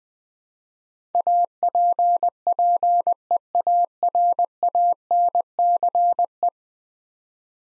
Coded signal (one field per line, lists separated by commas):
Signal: Morse code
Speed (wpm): 21 wpm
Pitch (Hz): 700 Hz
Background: none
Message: APPEARANCE